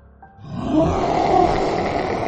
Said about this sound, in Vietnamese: Một tiếng gầm rú cực kỳ đau đớn vang lên từ một góc nào đó, chỉ có Vũ Văn và cô Thanh nghe thấy được. Xem ra một thương của Vũ Văn trên không trung quả thật đã tạo thành thương tổn cho hỗn độn.